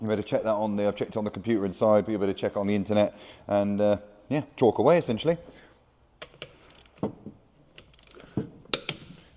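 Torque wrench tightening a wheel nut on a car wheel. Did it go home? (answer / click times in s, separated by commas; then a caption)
yes / 8.7 s, 8.9 s. Someone talks for about the first five seconds. Then a torque wrench, set to the car's specified force, tightens a wheel nut on a car wheel with a few short metallic ticks. It clicks at its setting at 8.7 s and 8.9 s, and the nut is done.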